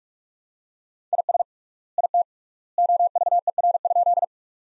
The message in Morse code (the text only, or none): IS IT OVER?